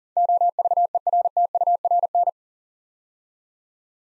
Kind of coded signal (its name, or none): Morse code